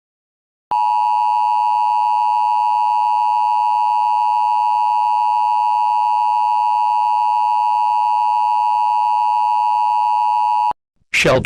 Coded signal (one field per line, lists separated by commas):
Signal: Emergency Alert System (SAME) tones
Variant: 853 and 960 Hz attention tone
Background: speech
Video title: EAS Scenario 3: Sarah's Rampage